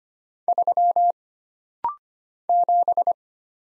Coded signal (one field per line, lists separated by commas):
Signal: Morse code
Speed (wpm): 25 wpm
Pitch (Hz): 700 Hz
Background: none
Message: 3 7